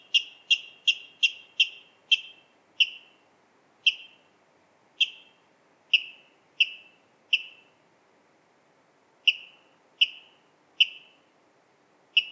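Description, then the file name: Water rail opening with a quick run of sharp notes, then slowing to single notes about a second apart, a pause, and a few more. "Waterral Rallus aquaticus"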